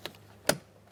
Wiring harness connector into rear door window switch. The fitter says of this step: Line it up, press it in, audible click.